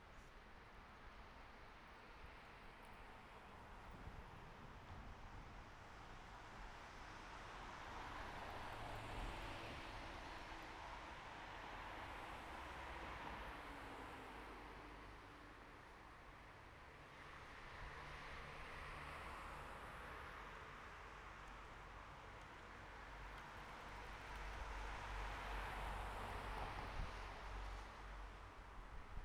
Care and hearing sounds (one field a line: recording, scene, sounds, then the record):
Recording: everyday scene through a hearing-aid microphone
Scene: in traffic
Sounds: traffic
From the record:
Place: bus stop on a city main road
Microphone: behind the ear, right, rear